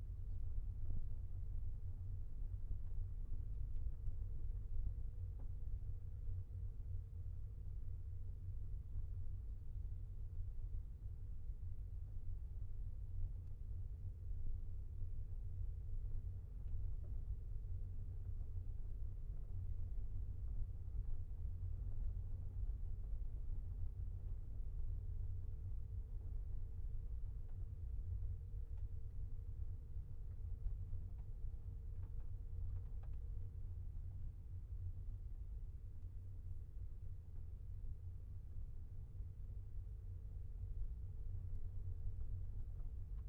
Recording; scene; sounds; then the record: everyday scene through a hearing-aid microphone; in a vehicle; engine, rumble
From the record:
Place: Skoda Fabia, gasoline engine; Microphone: behind the ear, left, front